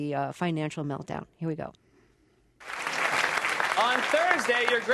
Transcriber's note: soundbite of audience applause